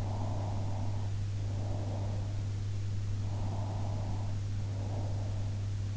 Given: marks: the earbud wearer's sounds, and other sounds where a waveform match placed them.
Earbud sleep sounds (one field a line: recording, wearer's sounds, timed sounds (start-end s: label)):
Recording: sounds in sleep by an in-ear microphone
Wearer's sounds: breath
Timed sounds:
0.07-2.16 s: breath
3.37-5.33 s: breath